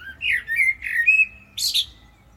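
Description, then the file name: Common blackbird song: a few low whistled notes followed by a short, noisy, high burst. "Turdus merula"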